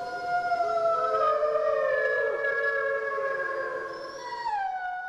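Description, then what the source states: Gray wolf: gray wolves howling together, several long, smooth overlapping tones at different pitches, some sliding down. Wild pack howling in the wilderness at August dusk under a full moon; the alpha male started, each member joined with its own voice and pitch; the alpha female was warning pups of approaching people.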